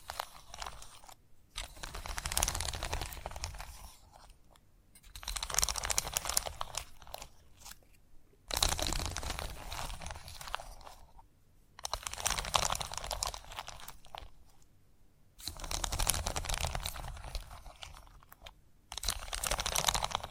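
Chalk being scratched and carved in gritty, crunching strokes that come in bursts of two to three seconds. Short pauses fall between them about every three to four seconds. The texture is dense and rough, bright and hissing with a dull low rumble underneath.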